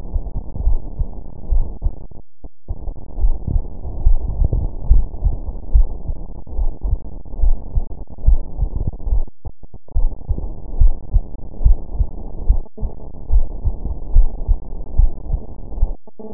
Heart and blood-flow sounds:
heart sounds
0.00	0.14	systole
0.14	0.24	S2
0.24	0.64	diastole
0.64	0.78	S1
0.78	0.98	systole
0.98	1.08	S2
1.08	1.50	diastole
1.50	1.64	S1
1.64	1.84	systole
1.84	1.94	S2
1.94	2.40	diastole
2.40	2.50	S1
2.50	2.70	systole
2.70	2.78	S2
2.78	3.20	diastole
3.20	3.34	S1
3.34	3.54	systole
3.54	3.64	S2
3.64	4.04	diastole
4.04	4.18	S1
4.18	4.38	systole
4.38	4.50	S2
4.50	4.88	diastole
4.88	5.04	S1
5.04	5.24	systole
5.24	5.36	S2
5.36	5.72	diastole
5.72	5.88	S1
5.88	6.08	systole
6.08	6.16	S2
6.16	6.58	diastole
6.58	6.72	S1
6.72	6.90	systole
6.90	7.00	S2
7.00	7.42	diastole
7.42	7.56	S1
7.56	7.76	systole
7.76	7.86	S2
7.86	8.26	diastole
8.26	8.40	S1
8.40	8.60	systole
8.60	8.70	S2
8.70	9.10	diastole
9.10	9.24	S1
9.24	9.44	systole
9.44	9.52	S2
9.52	9.96	diastole
9.96	10.10	S1
10.10	10.28	systole
10.28	10.38	S2
10.38	10.78	diastole
10.78	10.94	S1
10.94	11.14	systole
11.14	11.24	S2
11.24	11.64	diastole
11.64	11.78	S1
11.78	11.98	systole
11.98	12.08	S2
12.08	12.48	diastole
12.48	12.60	S1
12.60	12.82	systole
12.82	12.90	S2
12.90	13.32	diastole
13.32	13.46	S1
13.46	13.64	systole
13.64	13.74	S2
13.74	14.14	diastole
14.14	14.28	S1
14.28	14.48	systole
14.48	14.58	S2
14.58	14.96	diastole
14.96	15.10	S1
15.10	15.30	systole
15.30	15.40	S2
15.40	15.78	diastole
15.78	15.90	S1
15.90	16.10	systole
16.10	16.18	S2
16.18	16.35	diastole
From the record:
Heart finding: coronary artery disease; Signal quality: good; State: rest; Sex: female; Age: 68 years

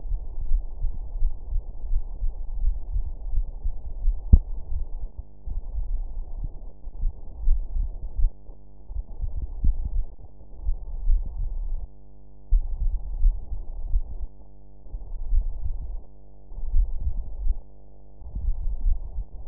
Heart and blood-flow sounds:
heart sounds
not marked
From the record:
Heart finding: coronary artery disease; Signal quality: poor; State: rest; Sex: male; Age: 67 years

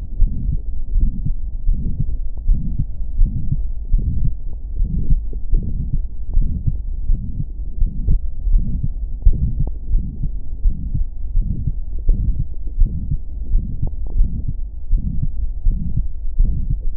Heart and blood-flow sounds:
heart sounds
0.00	0.19	diastole
0.19	0.29	S1
0.29	0.47	systole
0.47	0.59	S2
0.59	0.93	diastole
0.93	1.09	S1
1.09	1.25	systole
1.25	1.35	S2
1.35	1.67	diastole
1.67	1.79	S1
1.79	1.97	systole
1.97	2.07	S2
2.07	2.47	diastole
2.47	2.63	S1
2.63	2.77	systole
2.77	2.87	S2
2.87	3.19	diastole
3.19	3.33	S1
3.33	3.49	systole
3.49	3.59	S2
3.59	3.91	diastole
3.91	4.05	S1
4.05	4.25	systole
4.25	4.35	S2
4.35	4.75	diastole
4.75	4.89	S1
4.89	5.09	systole
5.09	5.23	S2
5.23	5.51	diastole
5.51	5.65	S1
5.65	5.87	systole
5.87	5.99	S2
5.99	6.33	diastole
6.33	6.47	S1
6.47	6.65	systole
6.65	6.75	S2
6.75	7.07	diastole
7.07	7.19	S1
7.19	7.37	systole
7.37	7.45	S2
7.45	7.79	diastole
7.79	7.89	S1
7.89	8.07	systole
8.07	8.21	S2
8.21	8.47	diastole
8.47	8.63	S1
8.63	8.81	systole
8.81	8.91	S2
8.91	9.23	diastole
9.23	9.37	S1
9.37	9.55	systole
9.55	9.65	S2
9.65	9.93	diastole
9.93	10.05	S1
10.05	10.21	systole
10.21	10.31	S2
10.31	10.63	diastole
10.63	10.75	S1
10.75	10.95	systole
10.95	11.07	S2
11.07	11.35	diastole
11.35	11.49	S1
11.49	11.67	systole
11.67	11.75	S2
11.75	12.07	diastole
12.07	12.19	S1
12.19	12.37	systole
12.37	12.47	S2
12.47	12.77	diastole
12.77	12.89	S1
12.89	13.07	systole
13.07	13.17	S2
13.17	13.51	diastole
13.51	13.63	S1
13.63	13.81	systole
13.81	13.89	S2
13.89	14.15	diastole
14.15	14.29	S1
14.29	14.45	systole
14.45	14.55	S2
14.55	14.91	diastole
14.91	15.01	S1
15.01	15.19	systole
15.19	15.31	S2
15.31	15.67	diastole
15.67	15.79	S1
15.79	15.97	systole
15.97	16.09	S2
16.09	16.39	diastole
16.39	16.57	S1
16.57	16.71	systole
16.71	16.81	S2
16.81	16.98	diastole
From the record:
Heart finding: aortic stenosis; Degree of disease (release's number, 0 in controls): 4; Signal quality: good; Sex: female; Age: 64 years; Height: 1.63 m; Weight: 78 kg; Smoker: no

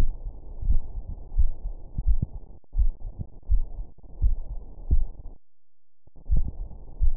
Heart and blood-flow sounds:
heart sounds
0.00	0.09	S1
0.09	0.23	systole
0.23	0.33	S2
0.33	0.67	diastole
0.67	0.81	S1
0.81	0.95	systole
0.95	1.03	S2
1.03	1.37	diastole
1.37	1.51	S1
1.51	1.65	systole
1.65	1.73	S2
1.73	2.07	diastole
2.07	2.19	S1
2.19	2.33	systole
2.33	2.41	S2
2.41	2.77	diastole
2.77	2.93	S1
2.93	3.07	systole
3.07	3.15	S2
3.15	3.51	diastole
3.51	3.65	S1
3.65	3.79	systole
3.79	3.87	S2
3.87	4.23	diastole
4.23	4.37	S1
4.37	4.51	systole
4.51	4.59	S2
4.59	4.91	diastole
4.91	5.07	S1
5.07	5.21	systole
5.21	5.29	S2
5.29	5.65	diastole
5.65	5.73	S1
5.73	5.87	systole
5.87	5.95	S2
5.95	6.31	diastole
6.31	6.45	S1
6.45	6.59	systole
6.59	6.67	S2
6.67	7.01	diastole
7.01	7.13	S1
7.13	7.17	systole
From the record:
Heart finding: coronary artery disease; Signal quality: good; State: rest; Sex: female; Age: 66 years

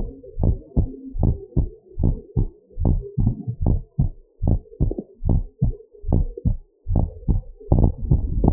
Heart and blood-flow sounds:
heart sounds
0.00	0.08	S2
0.08	0.42	diastole
0.42	0.56	S1
0.56	0.78	systole
0.78	0.86	S2
0.86	1.20	diastole
1.20	1.32	S1
1.32	1.58	systole
1.58	1.70	S2
1.70	2.04	diastole
2.04	2.16	S1
2.16	2.38	systole
2.38	2.48	S2
2.48	2.82	diastole
2.82	2.98	S1
2.98	3.24	systole
3.24	3.34	S2
3.34	3.64	diastole
3.64	3.78	S1
3.78	4.00	systole
4.00	4.10	S2
4.10	4.46	diastole
4.46	4.60	S1
4.60	4.82	systole
4.82	4.94	S2
4.94	5.30	diastole
5.30	5.42	S1
5.42	5.70	systole
5.70	5.78	S2
5.78	6.12	diastole
6.12	6.28	S1
6.28	6.54	systole
6.54	6.62	S2
6.62	6.92	diastole
6.92	7.04	S1
7.04	7.30	systole
7.30	7.40	S2
7.40	7.72	diastole
7.72	7.84	S1
7.84	8.12	systole
8.12	8.22	S2
8.22	8.48	diastole
8.48	8.53	S1
From the record:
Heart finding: normal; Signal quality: good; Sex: male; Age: 40 years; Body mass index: 26.2

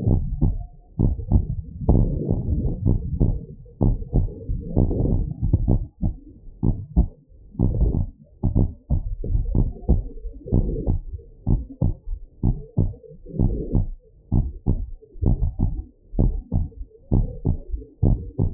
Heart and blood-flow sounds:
heart sounds
0.00	0.08	diastole
0.08	0.24	S1
0.24	0.44	systole
0.44	0.56	S2
0.56	1.00	diastole
1.00	1.14	S1
1.14	1.32	systole
1.32	1.44	S2
1.44	1.88	diastole
1.88	2.06	S1
2.06	2.28	systole
2.28	2.40	S2
2.40	2.84	diastole
2.84	3.00	S1
3.00	3.20	systole
3.20	3.32	S2
3.32	3.82	diastole
3.82	3.98	S1
3.98	4.16	systole
4.16	4.28	S2
4.28	4.78	diastole
4.78	4.92	S1
4.92	5.12	systole
5.12	5.24	S2
5.24	5.66	diastole
5.66	5.82	S1
5.82	6.04	systole
6.04	6.14	S2
6.14	6.64	diastole
6.64	6.76	S1
6.76	6.98	systole
6.98	7.08	S2
7.08	7.60	diastole
7.60	7.70	S1
7.70	7.80	systole
7.80	7.96	S2
7.96	8.54	diastole
8.54	8.68	S1
8.68	8.90	systole
8.90	9.02	S2
9.02	9.52	diastole
9.52	9.68	S1
9.68	9.90	systole
9.90	10.02	S2
10.02	10.54	diastole
10.54	10.70	S1
10.70	10.90	systole
10.90	11.00	S2
11.00	11.48	diastole
11.48	11.62	S1
11.62	11.82	systole
11.82	11.94	S2
11.94	12.44	diastole
12.44	12.56	S1
12.56	12.78	systole
12.78	12.90	S2
12.90	13.40	diastole
13.40	13.54	S1
13.54	13.74	systole
13.74	13.86	S2
13.86	14.34	diastole
14.34	14.50	S1
14.50	14.68	systole
14.68	14.78	S2
14.78	15.26	diastole
15.26	15.40	S1
15.40	15.60	systole
15.60	15.70	S2
15.70	16.20	diastole
16.20	16.36	S1
16.36	16.56	systole
16.56	16.68	S2
16.68	17.18	diastole
17.18	17.28	S1
17.28	17.46	systole
17.46	17.56	S2
17.56	18.08	diastole
18.08	18.20	S1
18.20	18.40	systole
18.40	18.50	S2
18.50	18.54	diastole
From the record:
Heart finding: normal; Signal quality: good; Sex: male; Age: 52 years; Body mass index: 27.7

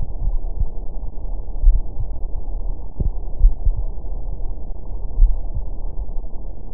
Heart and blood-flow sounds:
heart sounds
0.00	0.02	S1
0.02	0.26	systole
0.26	0.40	S2
0.40	1.64	diastole
1.64	1.80	S1
1.80	2.00	systole
2.00	2.10	S2
2.10	3.42	diastole
3.42	3.56	S1
3.56	3.80	systole
3.80	3.90	S2
3.90	5.18	diastole
5.18	5.34	S1
5.34	5.56	systole
5.56	5.64	S2
5.64	6.74	diastole
From the record:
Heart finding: coronary artery disease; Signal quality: good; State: rest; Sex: female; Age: 73 years

